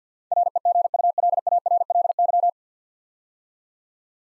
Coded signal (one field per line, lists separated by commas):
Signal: Morse code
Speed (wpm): 52 wpm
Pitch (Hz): 700 Hz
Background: none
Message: REGULARLY